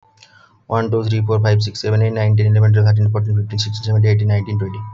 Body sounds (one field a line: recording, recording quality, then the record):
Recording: counting at a fast pace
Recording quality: excellent, no background noise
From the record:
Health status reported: healthy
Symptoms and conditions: none ticked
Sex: male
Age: 26 years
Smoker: not ticked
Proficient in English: yes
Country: India